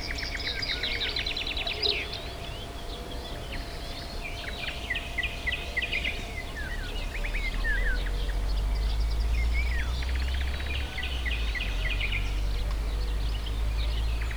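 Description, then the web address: Birds calling in a busy chorus, with many overlapping chirps, rapid trills and buzzy phrases, over faint low repeated notes and a steady low rumble. Diverse bird life at the Hortobágy fishponds, Hungary, 2014, at the inner terminus of the narrow-gauge railway. "hanggyujtemeny kisvasut hortobagyihalastavak 2014 termeszet sokszinumadarvilag belsovegallomas"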